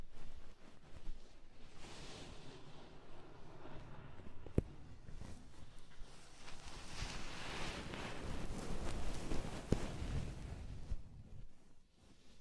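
Soft rubbing and foamy crackling of an ear massage, steady and dense, with two sharp clicks near five and ten seconds before fading.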